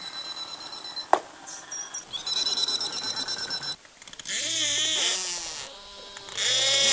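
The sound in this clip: Beluga whistles and squeals: after a noisy, clattering start, wavy warbling harmonic calls rise and fall over a high hiss.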